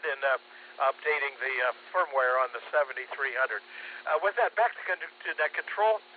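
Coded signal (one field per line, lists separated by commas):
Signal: Emergency Alert System (SAME) tones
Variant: header bursts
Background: speech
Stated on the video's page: Amateur 2 m club net on 146.64 MHz with 110.9 Hz PL, livestreamed; received on Flex 6700 SDR with preamp/power amp and Mosley 5/8 base antenna.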